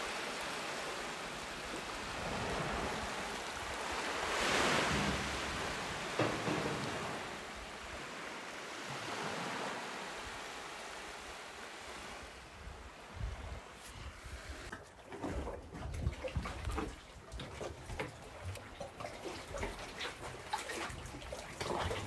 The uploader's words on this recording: Mám za sebou měsíc #vanlife a během toho měsíce jsem zaznamenávala zvuky z těch nejkouzelnějších míst. WAVES, WIND, STEPS.